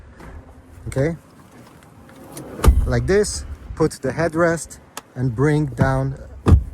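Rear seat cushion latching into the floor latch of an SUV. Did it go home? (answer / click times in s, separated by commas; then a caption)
no / none. The folded rear seat of a 2001–2006 Hyundai Santa Fe SUV is being returned, with the headrest put back and the seat cushion brought down toward the floor latch, while someone talks. Soft handling taps lead to sharp knocks near 2.6 s and 6.5 s, but the cushion has not yet clicked or seated into the latch by the end.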